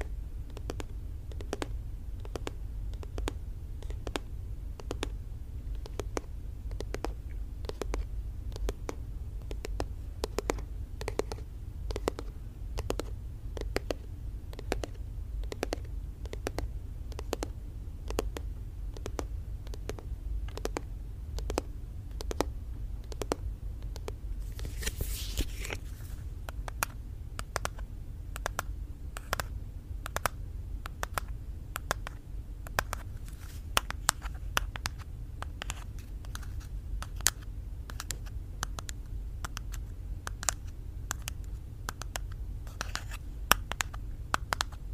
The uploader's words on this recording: Blue yeti microphone. Asmr tapping.